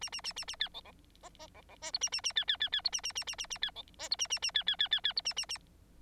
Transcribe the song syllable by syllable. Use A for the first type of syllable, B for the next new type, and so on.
A A A A A B C C D D C C E F A A A B B B B F A A A A A A B C E F A A A B B B B B F A A A